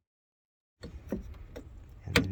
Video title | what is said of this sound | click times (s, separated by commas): 2015 Toyota Sienna Highbeam/DRL Lamp Replacement | and rotate until it clicks | 2.2 s